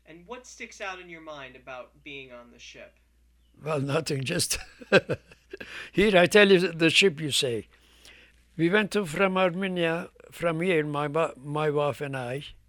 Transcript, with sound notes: And what sticks out in your mind about being on the ship?
Well, nothing, just, (he laughs) I tell you, the ship you say. We went to, from Armenia, from here my wife and I,